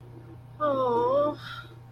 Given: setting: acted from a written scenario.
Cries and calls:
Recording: vocal sound without words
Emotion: sympathy

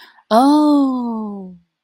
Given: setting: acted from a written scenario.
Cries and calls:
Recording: vocal sound without words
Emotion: realization

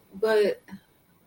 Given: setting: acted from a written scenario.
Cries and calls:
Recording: vocal sound without words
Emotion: disappointment

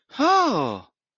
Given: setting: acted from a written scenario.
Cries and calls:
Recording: vocal sound without words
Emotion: positive surprise

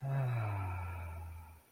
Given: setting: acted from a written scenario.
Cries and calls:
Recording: vocal sound without words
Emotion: pride

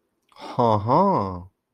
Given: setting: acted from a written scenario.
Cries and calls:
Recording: vocal sound without words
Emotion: interest

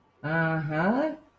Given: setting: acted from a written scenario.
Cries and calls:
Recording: vocal sound without words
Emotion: realization

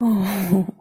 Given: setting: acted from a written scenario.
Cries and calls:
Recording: vocal sound without words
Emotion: romantic love

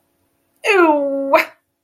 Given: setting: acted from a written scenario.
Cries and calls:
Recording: vocal sound without words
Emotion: negative surprise

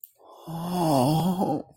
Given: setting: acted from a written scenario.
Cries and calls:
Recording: vocal sound without words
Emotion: sadness

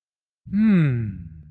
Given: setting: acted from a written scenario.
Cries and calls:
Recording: vocal sound without words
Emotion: relief

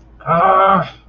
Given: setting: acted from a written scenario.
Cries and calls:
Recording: vocal sound without words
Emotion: distress

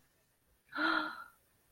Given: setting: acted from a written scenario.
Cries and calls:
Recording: vocal sound without words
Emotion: adoration

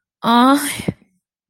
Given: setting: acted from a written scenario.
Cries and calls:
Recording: vocal sound without words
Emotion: pain

